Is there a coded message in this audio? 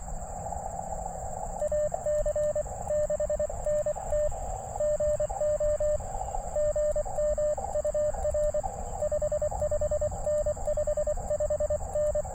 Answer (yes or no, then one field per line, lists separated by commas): yes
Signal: Morse code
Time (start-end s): 1.6-12.2 s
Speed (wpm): 24 wpm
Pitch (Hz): 600 Hz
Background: radio noise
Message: AC6NT GO GM UR 55N 55N